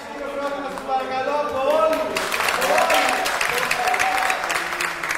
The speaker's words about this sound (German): Einen großen Applaus für uns alle.